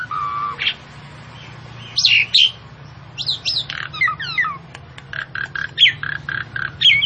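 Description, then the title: Javan pied starling calling with a mix of whistles, harsh chatters and quick rising and falling notes, delivered in irregular bursts over a low background hum. Female, described as vocal and persistent. "Burung Jalak Suren Betina Gacor Ngotot"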